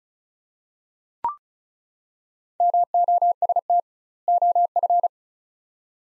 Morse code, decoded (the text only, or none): MOST OF